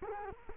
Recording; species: mosquito wingbeat signal from an infrared sensor; Culex quinquefasciatus